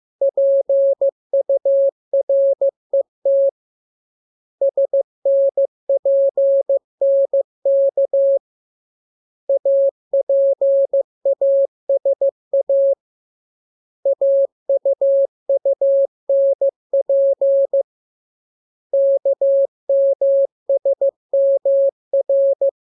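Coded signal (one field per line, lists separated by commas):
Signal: Morse code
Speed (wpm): 15 wpm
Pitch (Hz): 550 Hz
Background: none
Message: PURET SNPNK APASA AUUNP KMSMR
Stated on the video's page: Morse lesson drill for letters KMURESNAPT, opened with VVV and a section sign, closed with AR.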